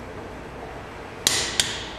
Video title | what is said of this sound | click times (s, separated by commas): Mister K Gomes Removes/ Replaces the wheel of a vehicle | hold support the head of the torque wrench and turn until i hear it click | 1.3 s, 1.6 s